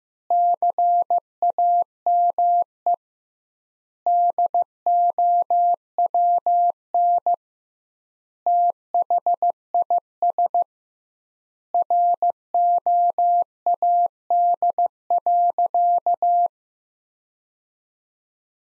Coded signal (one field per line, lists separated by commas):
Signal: Morse code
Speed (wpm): 15 wpm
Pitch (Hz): 700 Hz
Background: none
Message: CAME DOWN THIS ROAD.